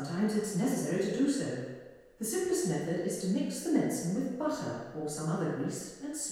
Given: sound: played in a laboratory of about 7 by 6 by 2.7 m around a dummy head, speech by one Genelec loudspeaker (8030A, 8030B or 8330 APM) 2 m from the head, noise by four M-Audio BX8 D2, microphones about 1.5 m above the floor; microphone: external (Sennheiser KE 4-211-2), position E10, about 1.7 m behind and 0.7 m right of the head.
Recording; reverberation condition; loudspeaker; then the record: female speech in English; high; 120 degrees to the left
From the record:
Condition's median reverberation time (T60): about 1300 ms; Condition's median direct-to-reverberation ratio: about -4.0 dB